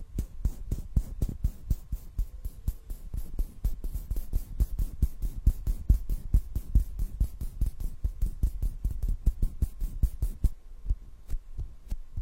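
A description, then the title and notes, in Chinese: A hand massage gives rapid, regular soft thumps and rubbing, low and dense, easing to scattered taps after ten seconds, with a faint steady hum. 手部按摩（声控助眠）。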